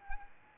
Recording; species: mosquito wingbeat signal from an infrared sensor; Anopheles arabiensis